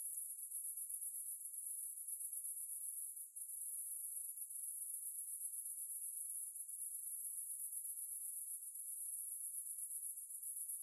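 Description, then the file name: Cicada, a steady high-pitched shimmering buzz that runs unbroken except for a brief dip near three seconds; no other sounds. "Ambience Cicades"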